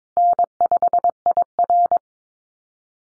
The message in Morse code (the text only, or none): N5IR